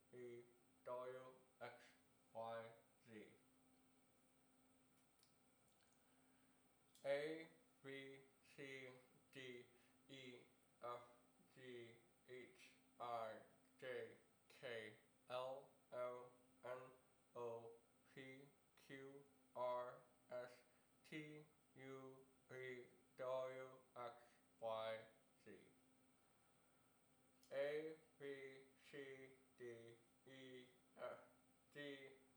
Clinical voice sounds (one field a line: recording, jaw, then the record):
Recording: letters of the alphabet, spoken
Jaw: constrained by a bite bar between the teeth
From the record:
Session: first day, right after the free take